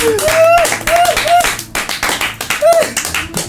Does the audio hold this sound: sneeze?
no